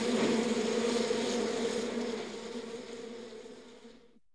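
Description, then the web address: Bee buzzing: a thick droning hum with hissy upper noise that gradually fades out and ends in silence. Bees at a beehive. "bees beehive animal insect"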